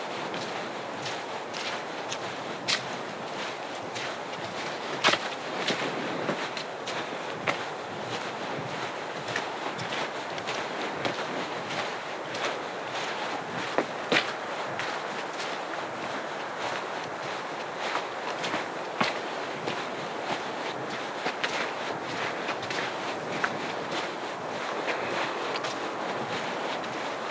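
Steady wet hiss of rain and icy precipitation fills a winter outdoor scene, dense and even throughout. Frequent small sharp ticks and taps scatter across the whole stretch, with slightly stronger hits near 5 and 14 seconds, over a faint low rumble.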